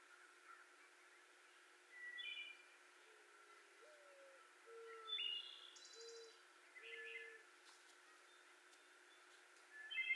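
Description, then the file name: Wood Thrush song in short fluty phrases ending in high buzzy trills, a few seconds apart, with a low soft cooing sequence of held notes in the middle. 18 May 2021. "2021-05-18 Wood Thrush"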